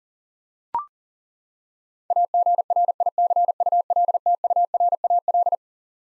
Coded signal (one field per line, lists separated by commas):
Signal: Morse code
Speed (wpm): 40 wpm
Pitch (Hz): 700 Hz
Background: none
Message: AGRICULTURAL